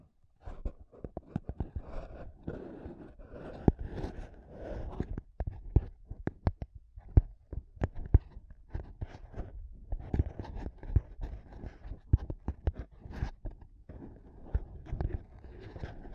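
Mic tapping and scratching go on for the whole stretch, with sharp, dense taps landing several times a second. The strikes come irregularly, in quick clusters, under a low, muffled thudding rumble. Softer rubbing scrapes fill the gaps between them.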